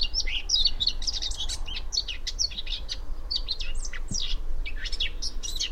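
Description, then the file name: Eurasian blackcap calling with rapid, scratchy high chips and short chattering runs that keep going throughout, backed by a continuous deep rumble. "Sylvia atricapilla"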